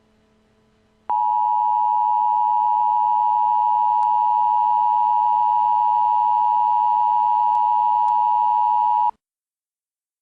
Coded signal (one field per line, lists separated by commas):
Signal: Emergency Alert System (SAME) tones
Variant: 853 and 960 Hz attention tone